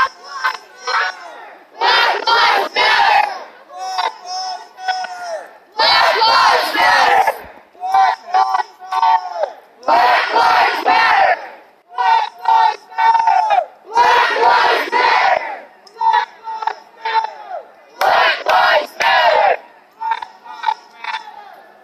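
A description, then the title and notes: A protest crowd chants in unison, loud shouted phrases repeating in a steady rhythm with brief gaps between them. Each chant comes in a burst of about a second or two, and the pattern holds throughout with no other sounds standing out. Niagara Square Protest in Downtown Buffalo.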